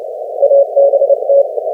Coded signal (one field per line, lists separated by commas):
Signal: Morse code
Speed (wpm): 26 wpm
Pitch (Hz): 560 Hz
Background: none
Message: ABT